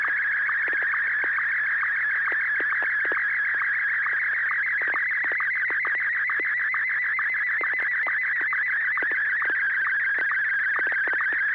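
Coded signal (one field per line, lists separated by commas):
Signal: SSTV (slow-scan television)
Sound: warbling, shifting tone around 1.5-2.3 kHz broken by quick regular lower clicks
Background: FM radio hiss, low hum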